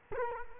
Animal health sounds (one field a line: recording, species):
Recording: mosquito wingbeat signal from an infrared sensor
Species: Culex quinquefasciatus